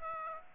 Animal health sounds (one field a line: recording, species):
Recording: mosquito wingbeat signal from an infrared sensor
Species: Aedes aegypti